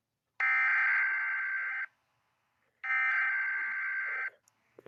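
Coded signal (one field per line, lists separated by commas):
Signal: Emergency Alert System (SAME) tones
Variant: header bursts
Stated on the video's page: Fictional EAS scenario with sirens.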